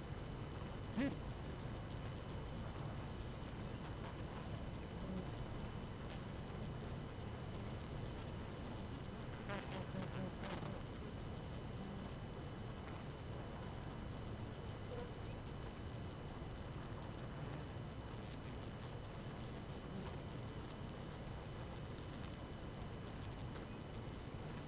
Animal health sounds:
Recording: honeybee colony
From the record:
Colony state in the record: active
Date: 12 June 2018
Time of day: 4:28

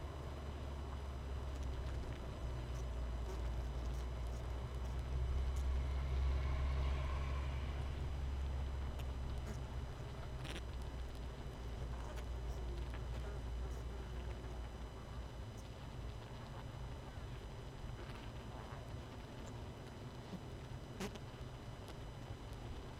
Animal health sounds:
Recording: honeybee colony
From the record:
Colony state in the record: missing queen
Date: 31 May 2018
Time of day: 19:53

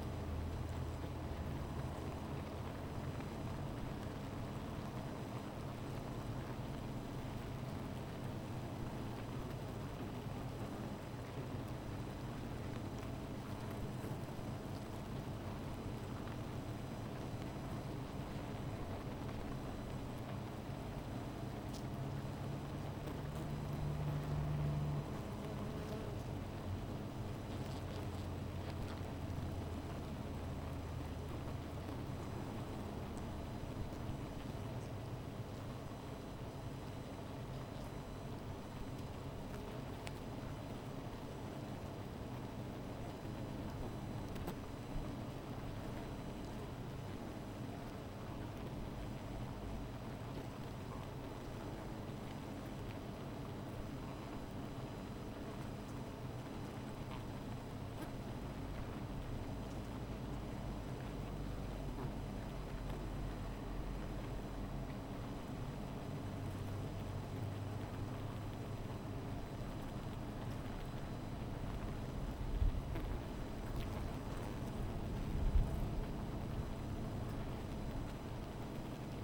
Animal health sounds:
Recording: honeybee colony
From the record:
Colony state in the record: missing queen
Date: 14 July 2017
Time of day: 15:56

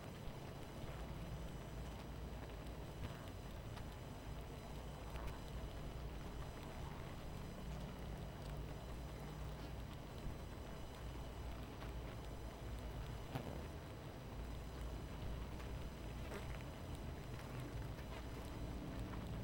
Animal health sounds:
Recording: honeybee colony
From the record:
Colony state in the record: missing queen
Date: 14 July 2017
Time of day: 23:35

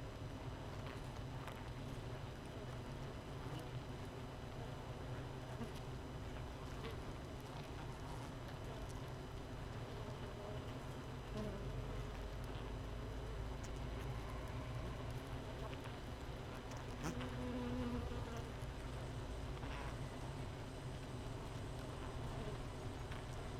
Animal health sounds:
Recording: honeybee colony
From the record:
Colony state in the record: missing queen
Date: 31 May 2018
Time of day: 5:52

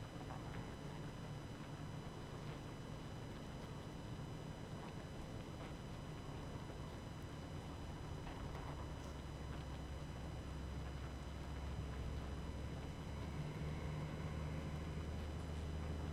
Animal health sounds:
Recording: honeybee colony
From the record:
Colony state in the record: active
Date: 12 June 2018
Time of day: 19:51

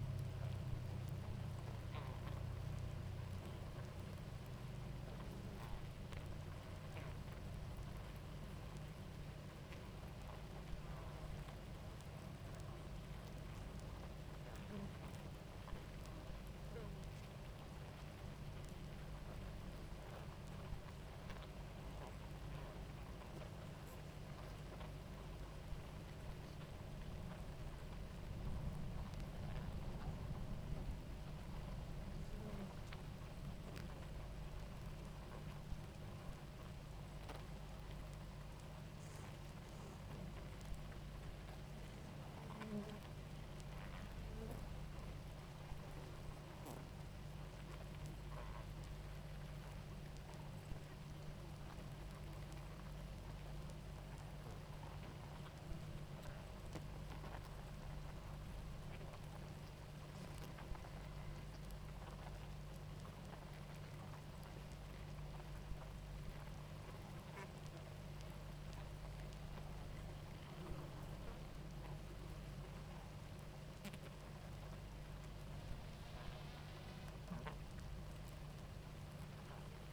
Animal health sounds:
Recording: honeybee colony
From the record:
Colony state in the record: active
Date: 28 July 2017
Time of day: 18:22

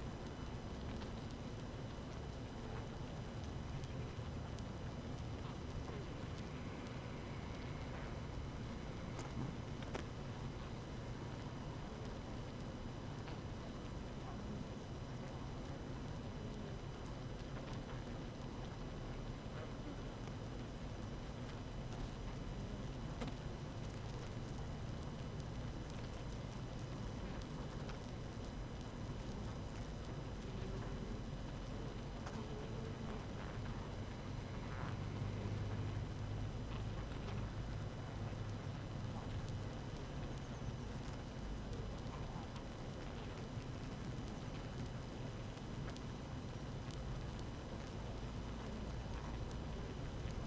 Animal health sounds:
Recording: honeybee colony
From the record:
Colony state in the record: active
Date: 12 June 2018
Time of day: 6:12

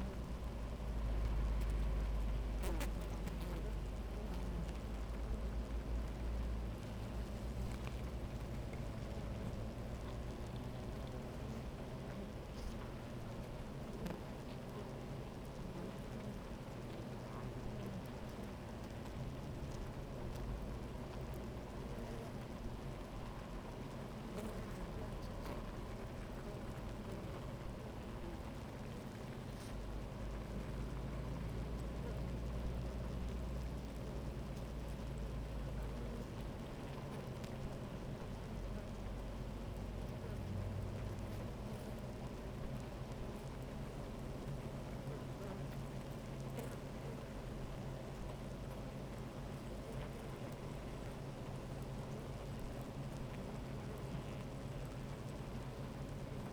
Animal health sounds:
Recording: honeybee colony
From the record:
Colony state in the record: active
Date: 28 July 2017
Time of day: 12:24

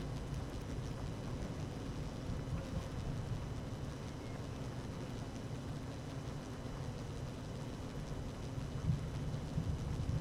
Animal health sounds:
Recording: honeybee colony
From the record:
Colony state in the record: active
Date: 12 June 2018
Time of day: 12:33

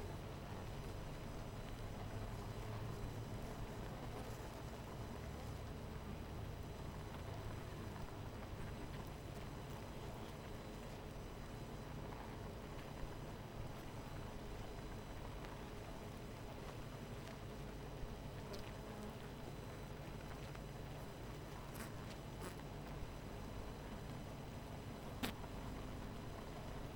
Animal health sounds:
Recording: honeybee colony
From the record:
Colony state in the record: missing queen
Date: 14 July 2017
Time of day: 18:00

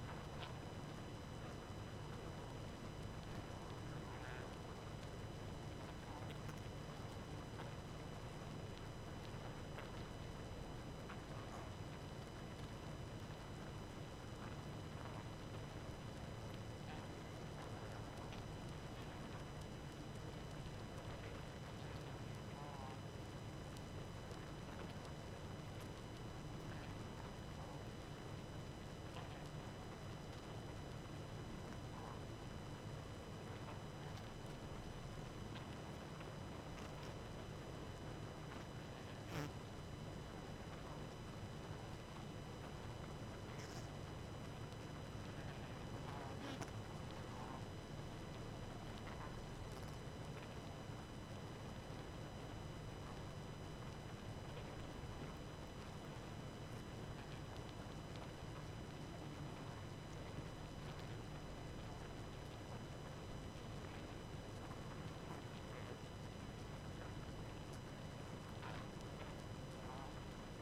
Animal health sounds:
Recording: honeybee colony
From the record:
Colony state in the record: active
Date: 12 June 2018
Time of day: 23:24

